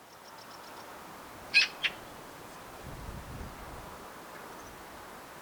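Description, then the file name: Eurasian magpie calling: two short, harsh, rasping notes in quick succession, faint high ticks before them, over a steady background hiss. "Pica pica"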